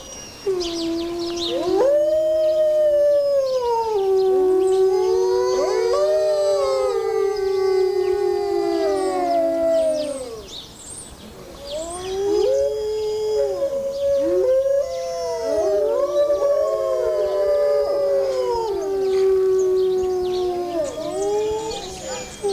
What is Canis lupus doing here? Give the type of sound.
howling